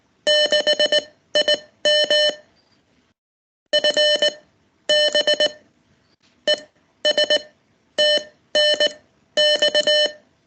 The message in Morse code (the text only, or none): 6IM FB ES TNX